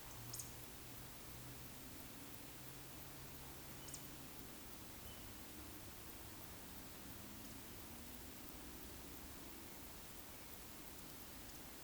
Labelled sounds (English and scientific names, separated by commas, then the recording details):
Eurasian Woodcock (Scolopax rusticola) whistle
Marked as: whistle, whistle, whistle, whistle
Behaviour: display flight
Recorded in Baden-Württemberg, Germany, on 9 May 2021 at 19:20 UTC
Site 23718, 552 m above sea level